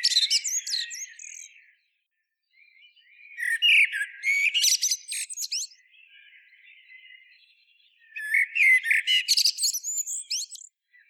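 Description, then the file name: Common blackbird song in three bursts of high, squeaky, chattering twitters separated by quieter warbling and brief pauses. "Turdus merula"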